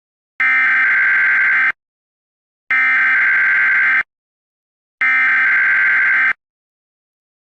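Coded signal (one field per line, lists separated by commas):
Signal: Emergency Alert System (SAME) tones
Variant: header bursts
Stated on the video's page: Fictional EAS scenario, not a real alert.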